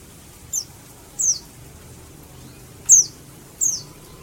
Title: Pleci dakun malang ngalas speed (Semut Merah)